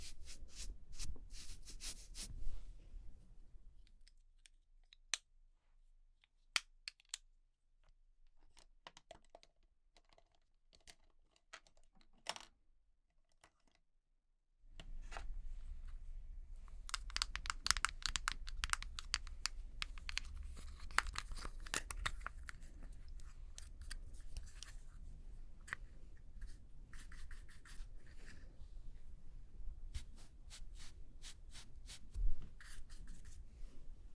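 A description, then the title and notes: Makeup being applied: a busy stretch of soft clicks, taps and brushing scrapes in the first few seconds, then a quieter gap of scattered sharp clicks until about fifteen seconds. After that the handling resumes steadily, with dense rustling, low bumps and frequent crisp clicks to the end. Doing Your Makeup ASMR No Talking.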